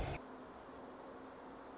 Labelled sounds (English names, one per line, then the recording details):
Song Sparrow
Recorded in Sonoma County, California